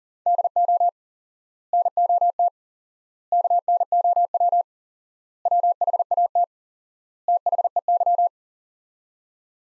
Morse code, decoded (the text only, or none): DO NOT KNOW WHAT THEY